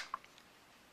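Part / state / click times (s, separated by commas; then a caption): fixed-blade knife into Kydex sheath / seated / 0.1 s. A fixed-blade steel knife is pushed into a Kydex sheath and snaps into its retention with a sharp, bright click at 0.1 s. Two fainter ticks follow at 0.2 s and 0.4 s before the clip goes quiet, and the knife is seated in the sheath.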